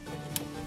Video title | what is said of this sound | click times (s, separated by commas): Pontiac Montana 2004 Headlight Replacement DIY | There, you heard it click in. | 0.4 s